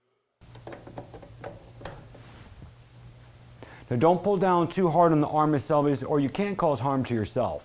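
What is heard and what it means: Installing a Blum Aventos HF bi-fold lift system, the back of a metal arm assembly is slid into the cabinet door lift mechanism and pulled down gently. Soft handling knocks give way to a sharp click at 1.9 s as the arm seats and locks into place, after which someone talks.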